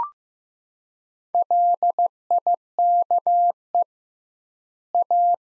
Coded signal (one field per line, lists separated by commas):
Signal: Morse code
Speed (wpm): 15 wpm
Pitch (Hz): 700 Hz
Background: none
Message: LIKE A